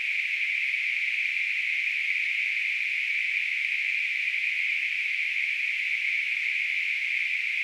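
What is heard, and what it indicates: Simulated tinnitus: a steady, unbroken high-pitched hiss, a narrow band of noise centred around 2.5 kHz, holding at constant loudness throughout.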